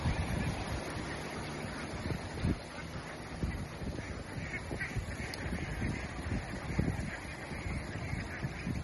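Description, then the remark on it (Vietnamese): Two ducks quack in a run of rough, irregular bursts over a steady background hiss like wind or surf. No one speaks. “Ủa vịt nó đi ra ngoài rồi kìa chú ơi.”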